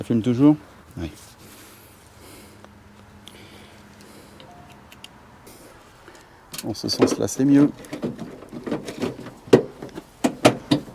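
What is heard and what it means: A plastic rear camera washer housing with clips is being handled and positioned onto the rear camera mount of a Tesla Model 3 / Model Y while someone talks. Soft taps and small plastic knocks are heard through quiet stretches, then louder handling sounds come between the talking near the end. The bracket has not seated or clicked into place yet.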